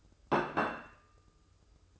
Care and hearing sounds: daily activity, microphone in the room; place plate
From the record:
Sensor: 2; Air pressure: 995.1 hPa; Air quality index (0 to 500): 58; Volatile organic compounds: 1 ppm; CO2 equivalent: 960 ppm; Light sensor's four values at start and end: 14/48/18/18 and 15/48/19/18

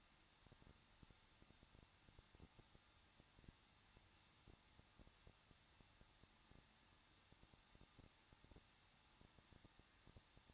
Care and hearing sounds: daily activity, microphone in the room; no activity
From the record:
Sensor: 3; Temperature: 21.2 degrees Celsius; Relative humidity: 36.3%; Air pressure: 1006.3 hPa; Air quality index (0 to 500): 221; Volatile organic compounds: 40 ppm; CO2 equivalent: 3151 ppm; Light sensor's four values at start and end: 2/3/2/2 and 2/3/2/2

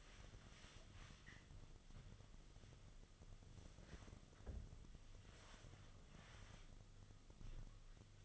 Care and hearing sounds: daily activity, microphone in the room; wipe stove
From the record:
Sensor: 4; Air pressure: 1005.6 hPa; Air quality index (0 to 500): 108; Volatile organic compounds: 3 ppm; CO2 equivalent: 1349 ppm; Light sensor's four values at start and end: 12/26/10/10 and 12/27/11/10

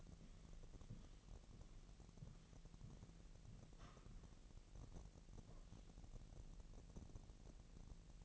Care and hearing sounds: daily activity, microphone in the room; walk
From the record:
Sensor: 4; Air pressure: 1002.9 hPa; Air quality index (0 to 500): 246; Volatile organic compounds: 26 ppm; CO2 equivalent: 2855 ppm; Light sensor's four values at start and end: 8/17/7/7 and 8/17/7/7

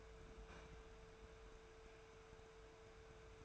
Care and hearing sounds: daily activity, microphone in the room; open fridge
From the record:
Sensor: 2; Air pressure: 1014.8 hPa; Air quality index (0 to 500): 193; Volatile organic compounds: 16 ppm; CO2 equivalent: 2552 ppm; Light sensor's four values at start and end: 8/21/8/9 and 8/20/8/9

